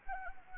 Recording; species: mosquito wingbeat signal from an infrared sensor; Anopheles arabiensis